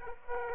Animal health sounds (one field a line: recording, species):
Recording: mosquito wingbeat signal from an infrared sensor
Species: Aedes aegypti